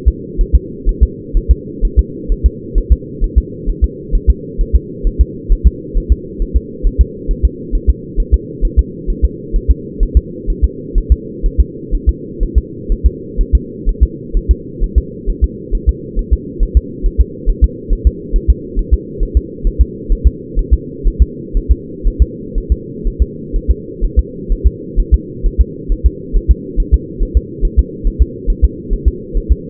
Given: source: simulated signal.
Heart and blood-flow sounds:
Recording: fetal heart sounds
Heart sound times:
0.08 s: S2
0.41 s: S1
0.55 s: S2
0.89 s: S1
1.03 s: S2
1.37 s: S1
1.51 s: S2
1.85 s: S1
1.99 s: S2
2.32 s: S1
2.46 s: S2
2.78 s: S1
2.92 s: S2
3.24 s: S1
3.38 s: S2
3.69 s: S1
3.84 s: S2
4.15 s: S1
4.30 s: S2
4.61 s: S1
4.75 s: S2
5.07 s: S1
5.21 s: S2
5.52 s: S1
5.67 s: S2
5.97 s: S1
6.12 s: S2
6.42 s: S1
6.56 s: S2
6.87 s: S1
7.01 s: S2
7.31 s: S1
7.45 s: S2
7.75 s: S1
7.90 s: S2
8.20 s: S1
8.34 s: S2
8.65 s: S1
8.79 s: S2
9.10 s: S1
9.25 s: S2
9.56 s: S1
9.71 s: S2
10.03 s: S1
10.17 s: S2
10.50 s: S1
10.64 s: S2
10.98 s: S1
11.12 s: S2
11.46 s: S1
11.60 s: S2
11.95 s: S1
12.09 s: S2
12.43 s: S1
12.58 s: S2
12.92 s: S1
13.06 s: S2
13.41 s: S1
13.55 s: S2
13.89 s: S1
14.03 s: S2
14.37 s: S1
14.51 s: S2
14.84 s: S1
14.98 s: S2
15.29 s: S1
15.44 s: S2
15.75 s: S1
15.89 s: S2
16.19 s: S1
16.33 s: S2
16.63 s: S1
16.77 s: S2
17.06 s: S1
17.21 s: S2
17.50 s: S1
17.64 s: S2
17.93 s: S1
18.07 s: S2
18.36 s: S1
18.50 s: S2
18.79 s: S1
18.94 s: S2
19.23 s: S1
19.37 s: S2
19.67 s: S1
19.81 s: S2
20.12 s: S1
20.27 s: S2
20.59 s: S1
20.73 s: S2
21.07 s: S1
21.22 s: S2
21.57 s: S1
21.71 s: S2
22.07 s: S1
22.22 s: S2
22.58 s: S1
22.72 s: S2
23.07 s: S1
23.22 s: S2
23.56 s: S1
23.71 s: S2
24.04 s: S1
24.19 s: S2
24.52 s: S1
24.66 s: S2
25.00 s: S1
25.14 s: S2
25.46 s: S1
25.61 s: S2
25.92 s: S1
26.06 s: S2
26.37 s: S1
26.51 s: S2
26.80 s: S1
26.94 s: S2
27.22 s: S1
27.37 s: S2
27.65 s: S1
27.79 s: S2
28.07 s: S1
28.22 s: S2
28.50 s: S1
28.64 s: S2
28.93 s: S1
29.08 s: S2
29.37 s: S1
29.52 s: S2
From the record:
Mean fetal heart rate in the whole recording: 130 bpm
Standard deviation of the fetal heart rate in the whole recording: 4 bpm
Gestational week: 38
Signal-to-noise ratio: -4.1 dB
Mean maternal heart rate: no maternal heart sound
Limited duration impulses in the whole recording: absent

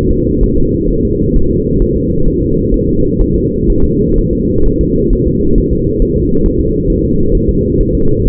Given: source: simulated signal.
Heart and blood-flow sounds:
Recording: fetal heart sounds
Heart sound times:
0.11 s: S2
0.44 s: S1
0.58 s: S2
0.90 s: S1
1.05 s: S2
1.36 s: S1
1.51 s: S2
1.82 s: S1
1.97 s: S2
2.28 s: S1
2.42 s: S2
2.74 s: S1
2.89 s: S2
3.21 s: S1
3.36 s: S2
3.70 s: S1
3.84 s: S2
4.18 s: S1
4.33 s: S2
4.66 s: S1
4.81 s: S2
5.13 s: S1
5.28 s: S2
5.58 s: S1
5.73 s: S2
6.02 s: S1
6.17 s: S2
6.46 s: S1
6.61 s: S2
6.90 s: S1
7.05 s: S2
7.35 s: S1
7.50 s: S2
7.81 s: S1
7.95 s: S2
8.27 s: S1
From the record:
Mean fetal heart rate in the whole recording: 130 bpm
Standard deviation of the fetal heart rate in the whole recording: 4 bpm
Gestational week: 38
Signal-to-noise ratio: -16.4 dB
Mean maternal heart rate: 72 bpm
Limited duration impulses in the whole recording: present

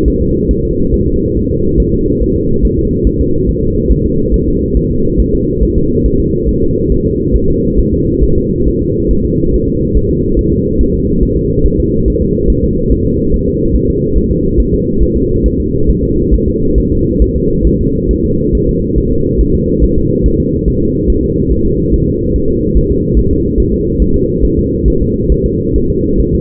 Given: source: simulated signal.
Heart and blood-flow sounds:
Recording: fetal heart sounds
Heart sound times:
0.08 s: S1
0.22 s: S2
0.51 s: S1
0.65 s: S2
0.94 s: S1
1.08 s: S2
1.37 s: S1
1.51 s: S2
1.80 s: S1
1.94 s: S2
2.23 s: S1
2.37 s: S2
2.65 s: S1
2.79 s: S2
3.07 s: S1
3.21 s: S2
3.49 s: S1
3.63 s: S2
3.91 s: S1
4.06 s: S2
4.34 s: S1
4.48 s: S2
4.77 s: S1
4.91 s: S2
5.20 s: S1
5.34 s: S2
5.63 s: S1
5.77 s: S2
6.06 s: S1
6.20 s: S2
6.49 s: S1
6.63 s: S2
6.92 s: S1
7.06 s: S2
7.36 s: S1
7.50 s: S2
7.80 s: S1
7.94 s: S2
8.24 s: S1
8.38 s: S2
8.68 s: S1
8.82 s: S2
9.11 s: S1
9.25 s: S2
9.54 s: S1
9.68 s: S2
9.97 s: S1
10.11 s: S2
10.39 s: S1
10.53 s: S2
10.81 s: S1
10.95 s: S2
11.23 s: S1
11.37 s: S2
11.66 s: S1
11.80 s: S2
12.08 s: S1
12.22 s: S2
12.50 s: S1
12.64 s: S2
12.92 s: S1
13.06 s: S2
13.34 s: S1
13.48 s: S2
13.76 s: S1
13.90 s: S2
14.18 s: S1
14.32 s: S2
14.60 s: S1
14.74 s: S2
15.02 s: S1
15.16 s: S2
15.46 s: S1
15.60 s: S2
15.90 s: S1
16.04 s: S2
16.34 s: S1
16.48 s: S2
16.78 s: S1
16.92 s: S2
17.22 s: S1
17.36 s: S2
17.67 s: S1
17.81 s: S2
18.11 s: S1
18.25 s: S2
18.55 s: S1
18.69 s: S2
18.98 s: S1
19.12 s: S2
19.41 s: S1
19.55 s: S2
19.84 s: S1
19.98 s: S2
20.26 s: S1
20.40 s: S2
20.68 s: S1
20.82 s: S2
21.10 s: S1
21.24 s: S2
21.52 s: S1
21.66 s: S2
21.94 s: S1
22.08 s: S2
22.36 s: S1
22.50 s: S2
22.77 s: S1
22.91 s: S2
23.19 s: S1
23.33 s: S2
23.60 s: S1
23.74 s: S2
24.02 s: S1
24.16 s: S2
24.45 s: S1
24.59 s: S2
24.88 s: S1
25.02 s: S2
25.32 s: S1
25.46 s: S2
25.76 s: S1
25.90 s: S2
26.20 s: S1
26.34 s: S2
From the record:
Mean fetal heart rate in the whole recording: 140 bpm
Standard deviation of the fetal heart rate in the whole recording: 2 bpm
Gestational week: 34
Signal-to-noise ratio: -15.3 dB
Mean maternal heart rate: 72 bpm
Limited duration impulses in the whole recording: present

